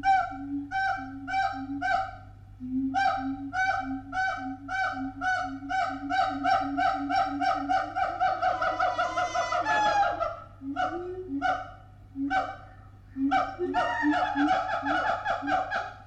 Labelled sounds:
Siamang
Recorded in captivity
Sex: pair
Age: adult
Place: Zoo Berlin, Berlin, DE
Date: 1984-08-15 15:11
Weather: bedeckt, 20°C
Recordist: Tembrock, Günter

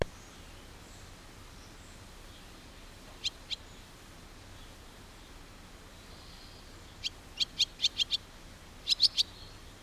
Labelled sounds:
Barn Swallow call
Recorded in the wild
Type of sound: call
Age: adult
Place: Schloß Holte-Stukenbrock, Senne, Nordrhein-Westfalen, DE
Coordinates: 51.8683, 8.6575
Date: 1967-06-04
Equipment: Uher 4000 Report-S, Bändchenmikro Beyer M 260, Parabolspiegel Polyester (470 mm)
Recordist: Conrads, Klaus
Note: Hof Brock (Furlbach-Gebiet). Rufe

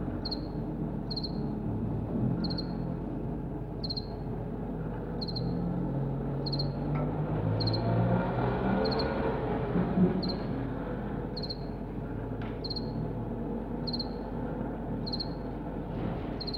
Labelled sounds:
House Cricket
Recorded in captivity
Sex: male
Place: DE
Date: 1962-02-09 15:45
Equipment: Smaragd, Grundig-Mikrofon
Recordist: unbekannt, keine Angabe
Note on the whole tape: Versuch 8: Gesang von Männchen 1, in Käfig in Nähe (ca. 70 cm) des Schlupfwinkels von Männchen 2 (bei Frau Reschke); Als Männchen 2 am Käfig herumklettert, verfällt Männchen 1 in Balzgesang

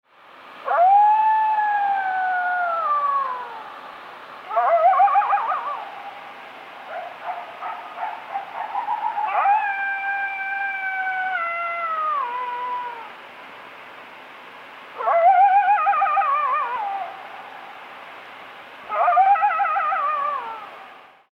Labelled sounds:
Coyote
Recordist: Frommolt, Karl-Heinz
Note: Heulen

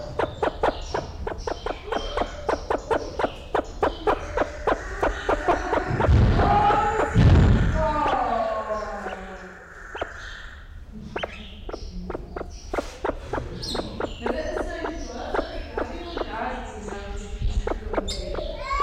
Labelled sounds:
Sulawesi Myna call
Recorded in captivity
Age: adult
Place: Zoo Berlin, Berlin, DE
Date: 1994-03-05 11:49
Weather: heiter, 4°C, Windböen
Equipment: Marantz CP 430, Sennheiser ME 80, Kopie Uher Variocord 263
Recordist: Tembrock, Günter

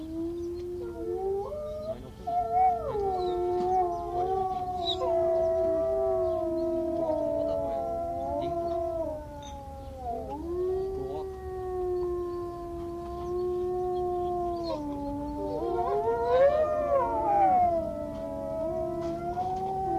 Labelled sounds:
Gray Wolf howling
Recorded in captivity
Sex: group
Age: adult
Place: Zoo Kischinjow, MD
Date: 1982-03-12
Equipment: Sonett, RFT DM 2112, Kopie Tascam 22-2
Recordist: Frommolt, Karl-Heinz
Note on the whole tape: Gruppenheulen mit guten Modulationen, am Schluss Fiepen

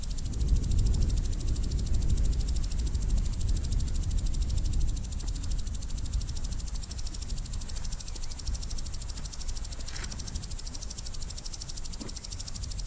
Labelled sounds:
Common Green Grasshopper stridulation
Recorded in the wild
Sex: male
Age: imago
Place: Kloster, Insel Hiddensee, Mecklenburg-Vorpommern, DE
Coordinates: 54.5911, 13.1075
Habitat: meadow
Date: 2008-09-09 14:45
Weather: bedeckt, 20°C, schwacher Wind
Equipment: Sound Devices 702, Sennheiser MKH 70, Windkorb
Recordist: Frommolt, Karl-Heinz
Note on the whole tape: Dornbuschhang: Gesang und Schenkelschleudern einer männlichen Kurzfühlerheuschrecke. Artbestimmung nur auf Grundlage des Gesanges. Entfernung 20 cm. Tier sitzt 3 cm von Weibchen entfernt. Zunächst unvollständige Strophe, dann Schleudern der Hinterschenkel, anhaltender Gesang und Annäherung an Weibchen

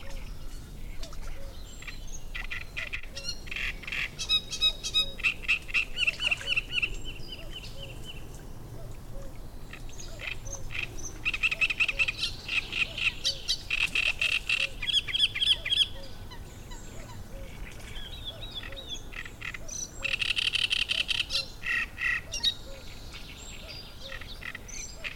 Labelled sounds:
Great Reed Warbler
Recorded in the wild
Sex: male
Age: adult
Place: Müggelsee, Berlin, DE
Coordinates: 52.43, 13.64
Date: 1989-05-13
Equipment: Uher 4400 Report Monitor, Sennheiser ME 80, K 30 AV
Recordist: Fischer, Stefan

